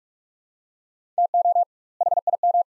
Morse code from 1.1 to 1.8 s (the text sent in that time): TO